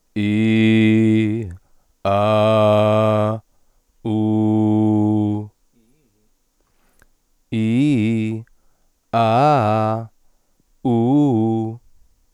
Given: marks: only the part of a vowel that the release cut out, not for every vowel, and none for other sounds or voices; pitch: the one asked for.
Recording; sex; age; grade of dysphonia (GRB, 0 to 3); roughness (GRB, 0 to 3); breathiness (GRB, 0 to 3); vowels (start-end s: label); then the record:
sustained vowels; male; 30 to 39 years; 0; 0; 0
0.31-1.33 s: vowel /i/, low pitch
2.20-3.30 s: vowel /a/, low pitch
4.16-5.27 s: vowel /u/, low pitch
7.58-8.32 s: vowel /i/, low-high-low pitch
9.26-9.95 s: vowel /a/, low-high-low pitch
10.93-11.68 s: vowel /u/, low-high-low pitch
From the record:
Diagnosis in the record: healthy voice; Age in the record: 31 years